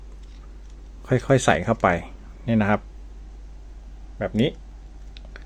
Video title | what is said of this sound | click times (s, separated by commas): วิธีตั้งค่าใช้งาน DDPAI MINI 2X Dash Cam 2K QHD (ลองแล้วSpec ดีมากๆ) กล้องหน้ารถ AI ISP WiFi 5GHz | ก็กดเข้าไปให้เดังแก๊กนะครับก็จะอยู่ท่านี้ | 5.2 s, 5.4 s